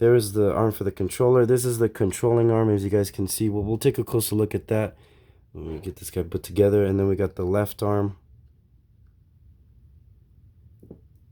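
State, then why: Not seated. Someone talks for about eight seconds while handling the arm of a plastic Marvel Legends Controller build-a-figure, then it goes quiet with only faint handling and two small ticks near 10.8 and 10.9 seconds. The arm is being pushed toward the torso joint, and nothing has snapped into place yet.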